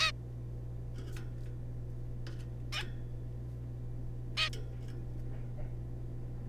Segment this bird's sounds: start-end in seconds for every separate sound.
0.01-0.12, 2.73-2.84, 4.37-4.50